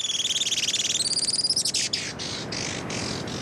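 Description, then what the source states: Juan Fernandez firecrown calls, a rapid stuttering series of high chips that rises in pitch and ends in a few sharp separate notes. Hummingbird found only on Robinson Crusoe Island, Juan Fernandez Islands; no more than a few thousand remain; males perform a flight display when courting females.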